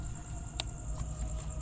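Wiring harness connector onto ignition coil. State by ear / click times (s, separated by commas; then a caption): seated / 0.6 s. A wiring harness connector is pushed back onto an ignition coil of a 3.7L V6 engine in a 2015–2017 S550 Mustang after the coil bolts are tightened. A sharp plastic click at 0.6 s stands out over a steady high-pitched background hiss. The connector seats fully.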